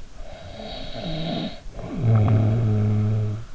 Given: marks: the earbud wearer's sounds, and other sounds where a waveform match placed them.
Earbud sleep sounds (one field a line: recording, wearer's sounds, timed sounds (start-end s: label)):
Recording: sounds in sleep by an in-ear microphone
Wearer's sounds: snoring breath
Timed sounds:
0.39-3.47 s: snoring breath